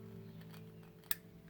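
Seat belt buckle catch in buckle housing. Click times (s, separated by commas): 1.1 s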